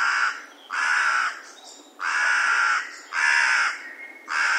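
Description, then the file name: Carrion crow calling with a series of drawn-out, rasping caws roughly a second apart. "Corvus corone"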